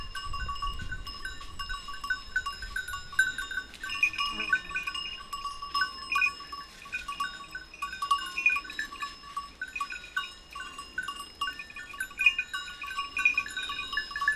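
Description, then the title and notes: Goat bells jingle irregularly throughout, clear ringing tones coming and going in small bursts. A few goats grazing on a sloping meadow, their bells tinkling at random; Montcel near Chambéry, Savoie, France. "Village Tipi, Route du Revard, Chalets de la Clusaz, Montcel, Chambéry, Savoie, Auvergne-Rhône-Alpes, France métropolitaine, 73100, France - Les chèvres. Quelques chèvres broutent dans une prairie en pente, le raffiné tintement aléatoire de leurs clochettes empli l'espace, un discret criquet stridule dans les herbes"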